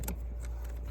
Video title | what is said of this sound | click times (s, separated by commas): Episode 3: 2008 Toyota Prius Blower Motor Repair Part 2: My Love makes his YouTube Debut! | then give it a little Yank A little okay cool did you hear that click | 0.1 s